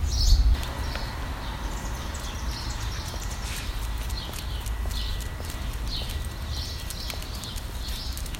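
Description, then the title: Soft bird chirps in scattered short bursts, fainter than the steady low rumble and a faint constant tone. "Birds Chirping Meditation"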